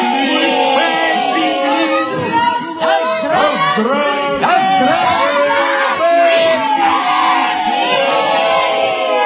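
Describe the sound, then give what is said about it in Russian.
A crowd on a pier shouting and cheering all at once, many overlapping voices, some high like children, rising and falling in loud excited calls with no break for about nine seconds. “Кричала толпа на причале.”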